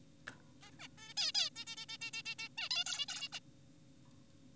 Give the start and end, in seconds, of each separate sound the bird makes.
0.62-0.71, 0.79-0.88, 0.98-1.14, 1.17-1.32, 1.35-1.50, 1.56-1.65, 1.67-1.76, 1.77-1.86, 1.89-1.98, 2.01-2.11, 2.14-2.22, 2.26-2.35, 2.39-2.48, 2.58-2.69, 2.71-2.84, 2.86-3.06, 3.09-3.29, 3.33-3.39